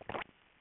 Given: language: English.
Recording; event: throat vibration sensor signal played as sound; swallow